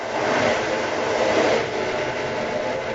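A steady, broad rumble of a train running on rails, with a dense hiss and faint rhythmic clatter holding at an even loudness, a slight swell around the middle, and no voices.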